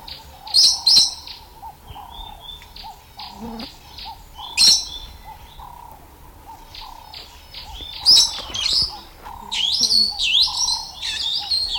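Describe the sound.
Meyer's parrot giving scattered sharp, high squawks and chirps separated by quiet gaps, ending with a livelier series of wavering shrill notes.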